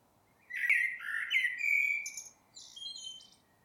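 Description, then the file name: Eurasian blackbird singing a phrase of rich warbled notes ending in a long drawn note, followed by high squeaky twittering elements. "Turdus merula"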